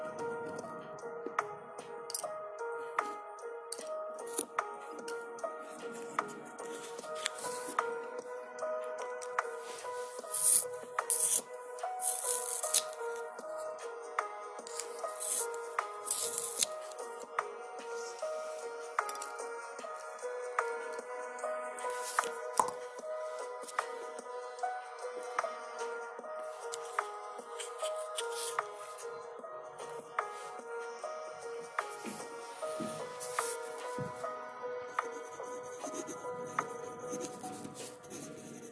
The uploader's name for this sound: Lofi study with me with pencil, page flipping and typing ASMR